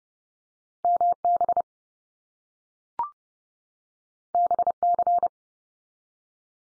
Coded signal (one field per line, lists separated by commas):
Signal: Morse code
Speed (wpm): 30 wpm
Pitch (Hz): 700 Hz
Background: none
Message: MB BC